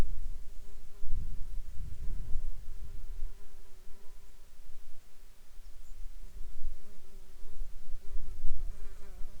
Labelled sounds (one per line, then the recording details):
wind
insects
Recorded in Ivvavik National Park, Yukon, on 9 July 2019 at 17:32
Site SINP10